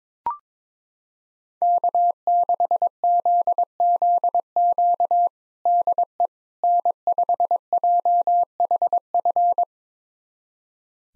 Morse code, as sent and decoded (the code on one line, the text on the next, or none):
-.- -.... --.. --.. --.- / -.. . / -. ..... .--- .... ..-.
K6ZZQ DE N5JHF